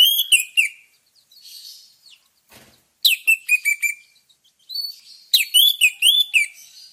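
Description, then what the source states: Orange-headed thrush singing rich, rapid phrases of high whistles and warbles in three bursts, with brief quieter gaps between them. Lure recording of a vigorously singing bird, used to prompt other birds to sing.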